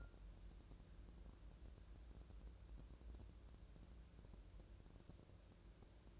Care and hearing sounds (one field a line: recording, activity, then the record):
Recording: daily activity, microphone in the room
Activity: wipe stove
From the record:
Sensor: 2